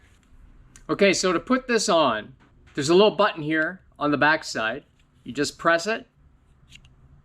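Someone talks while pressing a small button on the back of a plastic magnetic camera neck mount. One side arm is released and pops out, with short clicks at 6.8 and 6.9 seconds.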